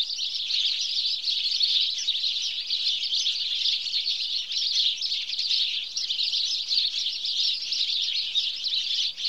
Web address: BBC Sound Effects Library Birds House Sparrow (Passer Domesticus)